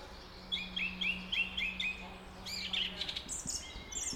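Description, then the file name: Redwing song: a run of several quick fluty notes, then a burst of thin high twittering, with a faint low drone underneath. "Drozdziczek"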